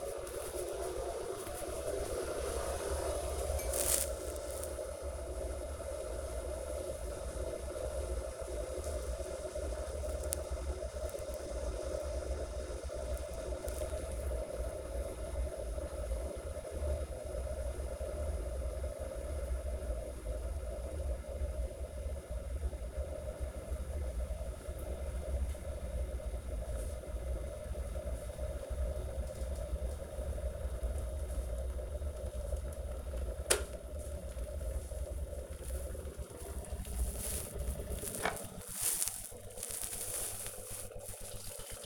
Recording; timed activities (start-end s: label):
household activities, microphone on the right wrist
0.00-41.86 s: making tea